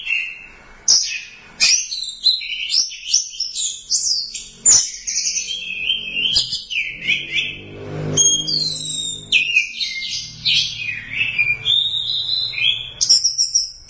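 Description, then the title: Thrush singing a long, jumbled medley of sharp chirps, whistles and rapid trills, with a faint low rumble partway through. "burung anis x"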